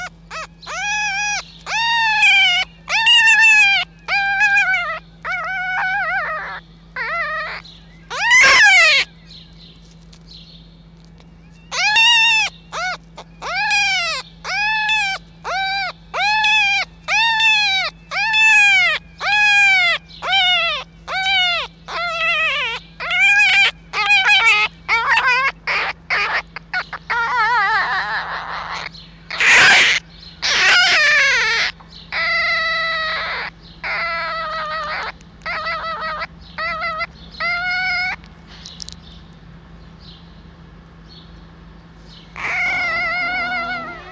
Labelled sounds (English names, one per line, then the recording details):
Red Fox
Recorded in captivity
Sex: male
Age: juvenile
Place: Zoologisches Institut der HUB, Berlin, DE
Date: 1956-05-04 13:30
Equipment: Elmetra
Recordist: Tembrock, Günter